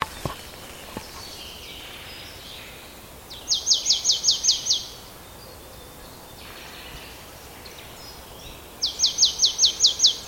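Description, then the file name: Marsh tit calling: two bursts of about eight rapid, high down-slurred notes, roughly five seconds apart, with soft background noise and a few faint clicks. "Poecile palustris"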